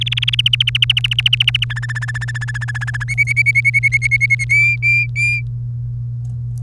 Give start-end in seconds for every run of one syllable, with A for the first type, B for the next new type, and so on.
0.01-0.41 A, 0.46-1.64 B, 1.70-3.04 C, 3.08-4.44 D, 4.49-5.41 E